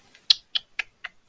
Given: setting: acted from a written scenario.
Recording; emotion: vocal sound without words; disappointment